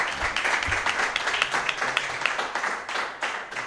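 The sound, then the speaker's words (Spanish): A crowd applauds steadily, dense overlapping claps forming a continuous wash of sound that stays fairly even in loudness throughout. The audience present at the program Entre Horas in Tudela is applauding a guest. “Fuerte aplauso para Leo.”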